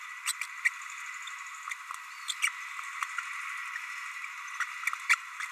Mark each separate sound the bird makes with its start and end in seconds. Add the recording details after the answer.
0.26-0.33, 0.65-0.69, 2.42-2.49, 4.60-4.64, 5.09-5.16. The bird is a male. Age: 30 days. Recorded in a nest box in Venezuela. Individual 17B32A6